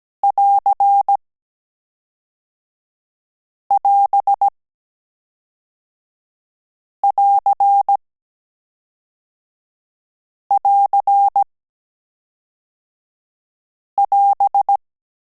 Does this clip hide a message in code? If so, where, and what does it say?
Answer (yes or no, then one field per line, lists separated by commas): yes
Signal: Morse code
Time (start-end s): 0.2-14.8 s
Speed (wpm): 17 wpm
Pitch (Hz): 800 Hz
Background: none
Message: <AR><AS><AR><AR><AS>